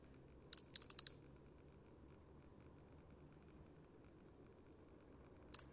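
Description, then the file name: European robin, a rapid series of several sharp high ticks early on, a long quiet gap, and a few more at the close. "Erithacus rubecula"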